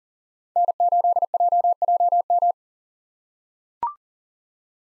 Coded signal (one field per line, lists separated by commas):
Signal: Morse code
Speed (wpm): 40 wpm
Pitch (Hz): 700 Hz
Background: none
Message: N8JJM